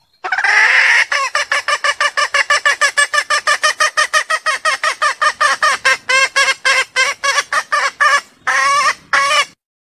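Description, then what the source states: Junglefowl calling in a long run of rapid, harsh clucking notes, opening with a drawn-out squawk and ending in a few longer rasping notes. Female junglefowl calling to solicit mating.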